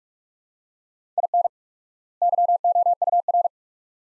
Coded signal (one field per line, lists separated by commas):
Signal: Morse code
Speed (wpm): 43 wpm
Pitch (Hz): 700 Hz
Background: none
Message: IN YOUR